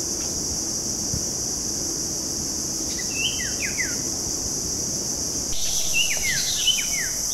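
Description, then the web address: Red-eyed bulbul calls: quick bubbly chirps and downslurred notes in two short bursts, the second busier, over a loud, steady, high-pitched insect drone throughout. Recorded at Bukit Ular, Mount Kinabalu, on 4 August 2009. "MTKINABALUBUKITULAR. red-eyed bulbul"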